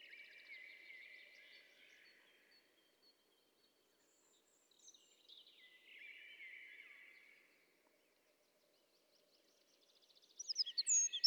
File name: Troglodytes troglodytes 310606